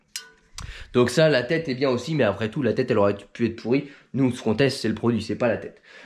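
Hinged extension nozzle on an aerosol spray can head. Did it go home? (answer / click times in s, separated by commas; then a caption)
yes / 0.2 s. The hinged plastic extension nozzle on the spray head of a Mecacyl Hyper Dégrippant penetrating-oil aerosol can is folded down over the spray head to switch the nozzle, snapping into place with a short click at 0.2 s. Someone then talks through the rest of the clip.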